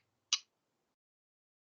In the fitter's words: uh the sturup has little Groove cutouts which lock into place on the bow irons